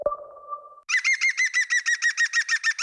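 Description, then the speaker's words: European green woodpecker laughing call: a rapid, even run of about a dozen ringing notes. A short steady tone comes before it. Played in a radio advertisement for Vogels Kijken Magazine as an example of the green woodpecker's sound. "Ken je het geluid van de groene specht?"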